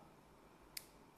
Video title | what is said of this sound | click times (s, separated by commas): Xioami Watch S3 - Hyper Os: Tem Alexa ? E Bom ? | ele tem esse acho que no vídeo aí deu para pegar el dá um estalo você tem a certeza de que ele travou | 0.8 s